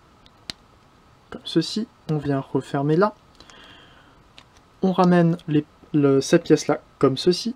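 A plastic part of a toy is brought down so its tab clips inside the toy's torso, and a loud, sharp plastic click is heard at 0.5 s, seating the tab. Someone talks afterward while a few faint ticks occur.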